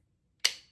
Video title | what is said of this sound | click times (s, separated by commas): Sewing Essentials: Must-Have Tools for Every Maker | Um, to engage, you push this little lever and did you hear that click? | 0.5 s